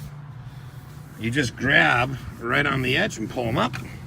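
In the cab of a 2020 Jeep Gladiator Rubicon pickup, someone talks while the rear bench seat cushion is grabbed at its edge to be lifted up into its folded-up, latched position, over a steady low hum. The cushion has not seated or clicked into place yet.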